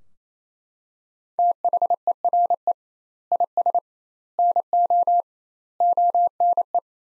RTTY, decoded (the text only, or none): none